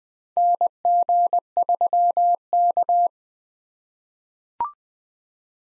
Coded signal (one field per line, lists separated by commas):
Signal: Morse code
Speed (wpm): 20 wpm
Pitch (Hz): 700 Hz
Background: none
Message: NG3K